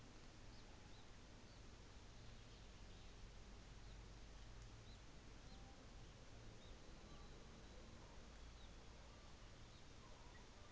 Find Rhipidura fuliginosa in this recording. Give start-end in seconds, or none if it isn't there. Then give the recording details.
none. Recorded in New Zealand on 24 December 2018. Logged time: 13:30